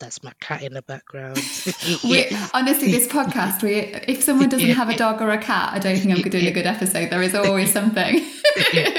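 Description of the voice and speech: A single adult speaks in relaxed, fluent conversation at a medium pitch, with lively intonation and a natural pace broken only by brief pauses. The voice is clear and steady, with no hoarseness, breathiness or strain. This is an ordinary healthy speaking voice in a quiet room.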